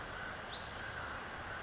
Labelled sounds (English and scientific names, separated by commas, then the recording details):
California Towhee (Melozone crissalis)
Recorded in Sonoma County, California